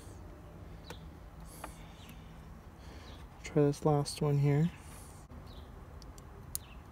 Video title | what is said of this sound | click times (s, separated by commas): Raptor Steering Wheel Retrofit w/ BoostedGreyGoose Wiring Install for 2015+ F150 | that one clicked as well | 6.5 s